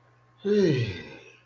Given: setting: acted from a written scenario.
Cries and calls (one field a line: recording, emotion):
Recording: vocal sound without words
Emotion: relief